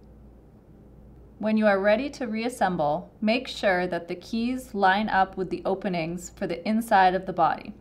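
The middle section of a plastic NUVO Toot wind instrument body is being lined up with the front section, keys aligned with their openings, ready to be pressed together. After about 1.4 seconds of low background hum, someone talks throughout the clip. Nothing has seated or clicked yet.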